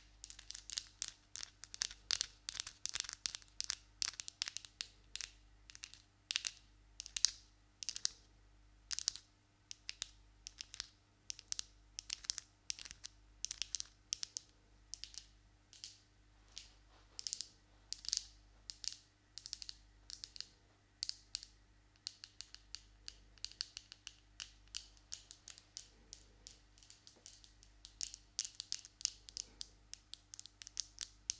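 Long nails tap and scrape in quick, irregular bursts of sharp clicks throughout, over a steady low hum with a faint constant tone.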